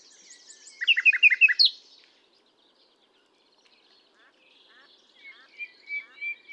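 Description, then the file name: Common nightingale song opening with a quick run of sharp repeated notes, followed by a quiet gap and soft whistles. "Luscinia megarhynchos"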